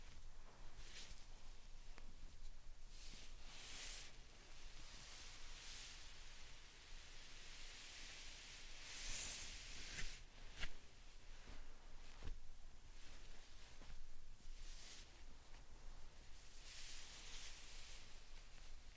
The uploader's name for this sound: Satisfying Slime Sand Triggers